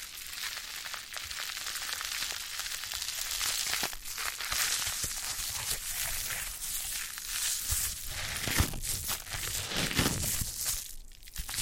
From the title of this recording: Foam Massage